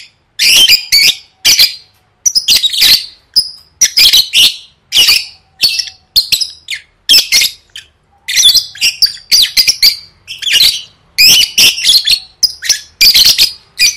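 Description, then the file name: Lovebird squawking: grating, high bursts repeated in uneven runs, some clustered in quick doubles, with a few silent gaps. "tieng vet mau don"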